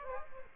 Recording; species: mosquito wingbeat signal from an infrared sensor; Aedes aegypti